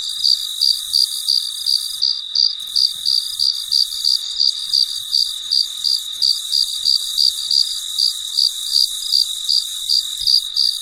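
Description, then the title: Cricket chirping: a steady, high-pitched pulsed trill, each short chirp repeated nearly three times a second without a break, over a quiet background. Recorded late at night, in quiet surroundings. "深夜录制蟋蟀昆虫声"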